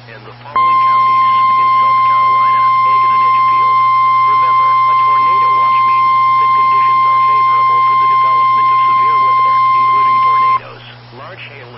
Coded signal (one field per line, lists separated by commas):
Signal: Emergency Alert System (SAME) tones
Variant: 1050 Hz attention tone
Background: speech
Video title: EAS Alert #206-214